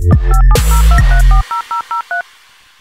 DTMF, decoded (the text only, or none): 5702340003